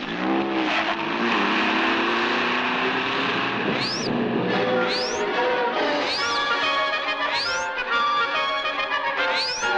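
Several cars spread along a lake shore rev and pull away, engines roaring steadily, with a series of rising, whining pitch sweeps cutting through the loud, continuous motor noise.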